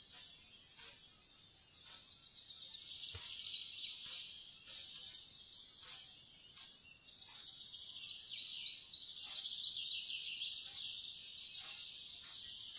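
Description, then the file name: Spotted flycatcher calling with short, piercing high notes repeated roughly every second, with soft background hiss. "graa fluesnapper"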